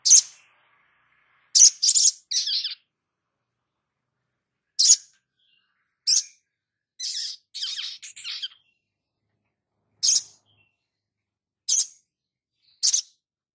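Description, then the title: Spiderhunter repeating short, sharp high chirps, some doubled or in quick trios, separated by pauses of one to two seconds. Labaik song variant. "Masteran Burung Sogok Ontong Labaik"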